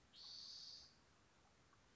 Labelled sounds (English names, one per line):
Spotted Towhee